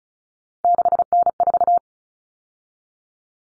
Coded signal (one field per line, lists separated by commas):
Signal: Morse code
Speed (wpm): 34 wpm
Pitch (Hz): 700 Hz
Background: none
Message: 6N4